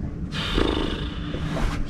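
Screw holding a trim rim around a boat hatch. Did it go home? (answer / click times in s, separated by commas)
no / none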